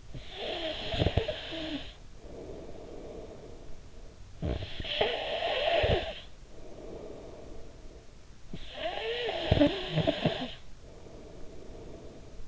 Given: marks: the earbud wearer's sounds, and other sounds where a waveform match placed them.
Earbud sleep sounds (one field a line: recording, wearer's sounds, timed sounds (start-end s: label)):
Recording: sounds in sleep by an in-ear microphone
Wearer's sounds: snoring breath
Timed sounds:
0.00-4.15 s: snoring breath
4.26-8.13 s: snoring breath
8.36-12.48 s: snoring breath